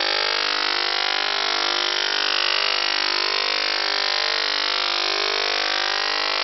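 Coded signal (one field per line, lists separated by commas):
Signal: radar signal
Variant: PLUTO OTHR, 50 Hz FMCW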